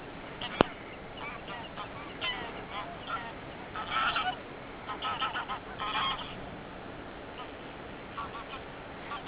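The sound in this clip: Goose honking: a series of nasal, harmonic honks, some overlapping in bursts, over a steady background hiss with one sharp click near the start.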